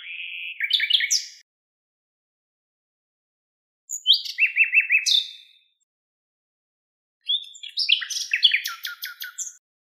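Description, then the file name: Common nightingale singing three distinct phrases, each mixing steady whistles with fast rattling, repeated notes, separated by clear silent gaps. "Luscinia megarhynchos"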